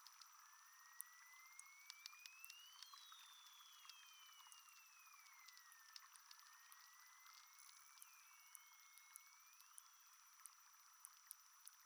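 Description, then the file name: Risso's dolphin whistles, slowed down: long gliding tones rising and falling, several overlapping, over steady hiss and scattered sharp clicks. Slowed down four times. "DAUPHIN RISSO extrait 1 ralenti 4 fois"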